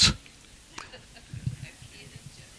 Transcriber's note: laughter